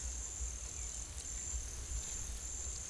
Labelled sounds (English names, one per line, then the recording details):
none
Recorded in pastures near Puerto Asís, Putumayo, Colombia, on 22 December 2024 at 09:30
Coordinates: 0.487, -76.322
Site GP09